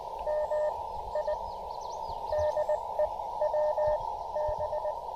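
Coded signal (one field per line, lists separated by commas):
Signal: Morse code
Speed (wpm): 21 wpm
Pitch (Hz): 600 Hz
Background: none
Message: MI DE WB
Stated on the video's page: Real-time QRP CW Parks on the Air activation with an Elecraft KX2, KXPD2 paddles and a homebrew 40m end-fed half-wave antenna.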